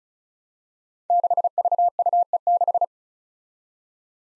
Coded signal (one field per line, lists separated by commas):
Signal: Morse code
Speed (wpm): 36 wpm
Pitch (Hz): 700 Hz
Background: none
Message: 6VUE6